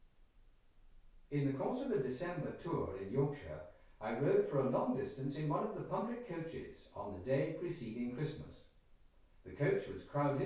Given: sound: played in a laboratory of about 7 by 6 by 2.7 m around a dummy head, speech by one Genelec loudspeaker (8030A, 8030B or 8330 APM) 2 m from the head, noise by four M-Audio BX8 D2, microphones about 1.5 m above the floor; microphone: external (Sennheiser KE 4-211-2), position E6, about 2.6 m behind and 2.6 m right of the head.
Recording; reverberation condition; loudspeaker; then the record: male speech in English; medium; 150 degrees to the left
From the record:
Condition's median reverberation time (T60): about 510 ms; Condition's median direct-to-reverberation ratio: about -0.5 dB